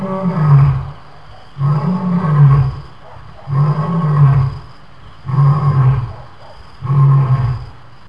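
Lion roar: five long, low, rumbling bellows of about a second each, separated by short pauses, with a faint steady high whine in the background.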